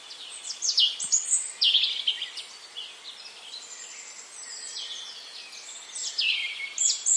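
Bird chirping in bright, high twittering bursts, several quick notes sliding down in pitch, in clusters near the start and end, over steady background hiss.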